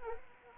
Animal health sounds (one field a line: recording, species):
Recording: mosquito wingbeat signal from an infrared sensor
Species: Anopheles gambiae